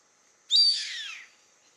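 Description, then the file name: Yellow-headed caracara screaming once, a raspy, high screech falling steadily in pitch over about three-quarters of a second, with quiet background. "Canto do gaviao carrapateiro Milvago chimachima"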